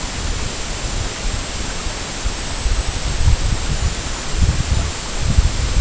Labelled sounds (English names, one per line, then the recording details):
none
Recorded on Arctic tundra, site EABA-MC, on 22 June 2019
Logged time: 00:00